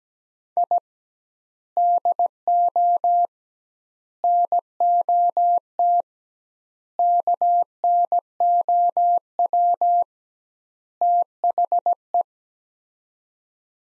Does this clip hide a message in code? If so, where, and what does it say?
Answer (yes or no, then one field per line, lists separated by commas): yes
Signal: Morse code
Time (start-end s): 0.6-12.2 s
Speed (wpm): 17 wpm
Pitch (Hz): 700 Hz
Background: none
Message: I DO NOT KNOW THE